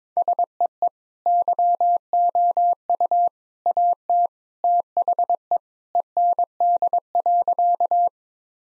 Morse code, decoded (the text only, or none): SEE YOU AT THE END.